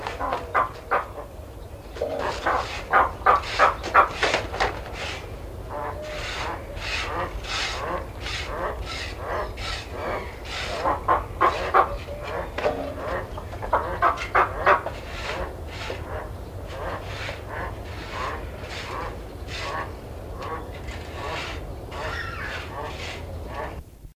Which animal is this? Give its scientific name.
Aquila heliaca